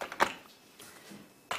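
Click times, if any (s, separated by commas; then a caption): 0.2 s. A handle is fitted through stacked plastic bead storage trays and locks into the tray base, with a sharp click at 0.2 s among a few lighter taps. Quieter handling noise follows, then another burst of rustle near the end.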